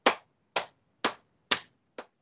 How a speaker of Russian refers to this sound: И сейчас что мы делаем? Мы начинаем крылышки, начиная от лопаток, прохлопывать ладошкой, согнутой лодочкой. С такими достаточно сильными ударами.